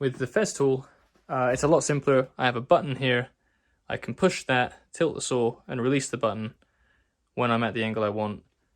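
Someone talks while handling the bevel-angle lock button on the tilt mechanism of an old Festool plunge saw, describing pressing the button, tilting the saw, and releasing it at the chosen angle. The clip ends before the button is released and set, so nothing has seated or clicked yet.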